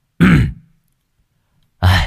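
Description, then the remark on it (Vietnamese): Two loud, harsh throat-clearing bursts, each about half a second long, separated by a stretch of silence, with no talking around them. “không nói thêm gì nữa, e hèm một cái rõ to, đoạn vươn vai.”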